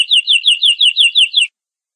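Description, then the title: Canary song phrase: a rapid, even series of high, descending slurred notes, about five per second, then silence. "Kenari"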